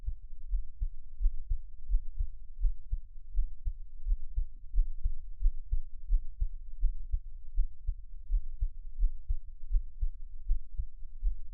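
Muffled heartbeat of an adult near 86 a minute with an uneven rhythm and frequent pauses from skipped beats, heard close up.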